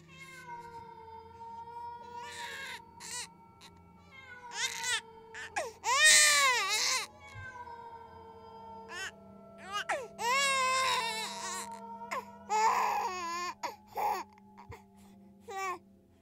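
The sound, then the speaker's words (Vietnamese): A baby cries in a series of high, wavering wails that rise and fall in pitch, coming in repeated bursts with short gaps, rising up from a ravine below, mixed with the steady low rumble of wind. “Ấy thế nhưng văng vẳng từ dưới vực vọng lên, lẫn trong tiếng gió, tôi có thể nghe rõ tiếng trẻ con khóc và tiếng con mèo rừng kêu gọi bầy đâu đây.”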